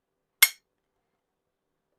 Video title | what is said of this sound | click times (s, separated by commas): I Have This Old Shotgun… | that little click is a ejector. | 0.4 s